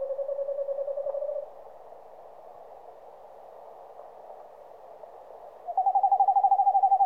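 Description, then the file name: Eastern screech owl trilling in rapid pulses, a lower trill at first, then soft hiss for about four seconds, then a slightly higher trill resumes. "Digiffects Sound Effects Library - Eastern Screech Owl"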